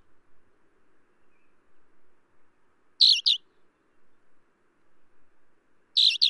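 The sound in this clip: Alpine accentor calling with two paired chirps, one pair at about three seconds and another near the end.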